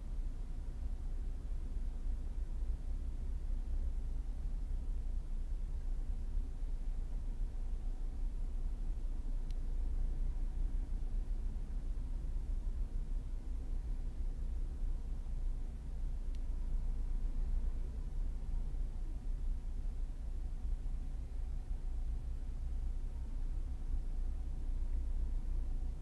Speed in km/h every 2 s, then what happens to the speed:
12, 12, 12, 12, 13, 13, 13, 13, 13, 13, 13, 12, 13.
0-26 steady at about 13.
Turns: none.